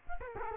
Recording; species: mosquito wingbeat signal from an infrared sensor; Culex quinquefasciatus